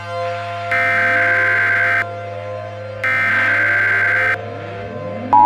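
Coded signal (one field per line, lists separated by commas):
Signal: Emergency Alert System (SAME) tones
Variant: header bursts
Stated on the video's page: Hypothetical EAS scenario with simulated tones, not a real alert.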